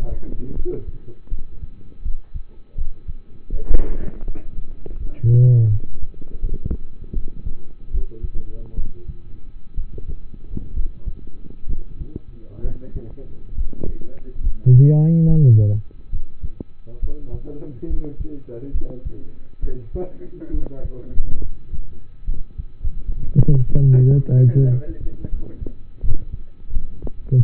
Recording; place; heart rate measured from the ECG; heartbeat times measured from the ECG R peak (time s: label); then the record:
heart sounds by stethoscope; between the tricuspid and mitral areas; 74 bpm
0.54 s: heartbeat
1.29 s: heartbeat
2.02 s: heartbeat
2.75 s: heartbeat
3.50 s: heartbeat
4.25 s: heartbeat
4.97 s: heartbeat
5.69 s: heartbeat
6.40 s: heartbeat
7.13 s: heartbeat
7.91 s: heartbeat
8.75 s: heartbeat
9.75 s: heartbeat
10.74 s: heartbeat
11.67 s: heartbeat
12.62 s: heartbeat
13.55 s: heartbeat
14.41 s: heartbeat
15.26 s: heartbeat
16.10 s: heartbeat
17.00 s: heartbeat
17.87 s: heartbeat
18.72 s: heartbeat
19.60 s: heartbeat
20.51 s: heartbeat
21.39 s: heartbeat
22.25 s: heartbeat
23.05 s: heartbeat
23.83 s: heartbeat
24.57 s: heartbeat
25.29 s: heartbeat
26.01 s: heartbeat
26.72 s: heartbeat
27.42 s: heartbeat
From the record:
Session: rest, lying down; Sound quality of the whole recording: partially saturated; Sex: male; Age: 27 years